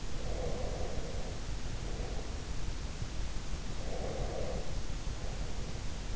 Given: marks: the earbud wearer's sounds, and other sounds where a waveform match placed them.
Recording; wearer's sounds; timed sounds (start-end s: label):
sounds in sleep by an in-ear microphone; breath
0.12-2.59 s: breath
3.63-6.16 s: breath